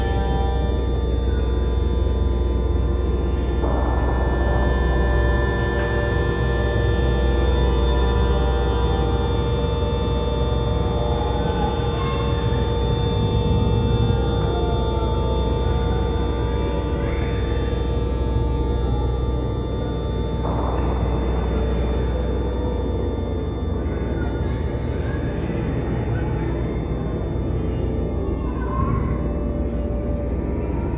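A chairlift ride carries on with a steady, dense low mechanical drone and a constant hum holding several fixed tones. Occasional brief clanks or rattles stand out, around 4, 20 and 27 seconds, while faint rustling drifts in the background.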